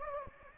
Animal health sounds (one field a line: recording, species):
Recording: mosquito wingbeat signal from an infrared sensor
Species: Anopheles gambiae